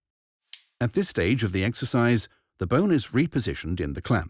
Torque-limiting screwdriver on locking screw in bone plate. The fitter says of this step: final tightening is done manually with the torque limiting screwdriver to prevent any over tightening or jamming of the screw an audible click indicates that that limit of the torque has been reached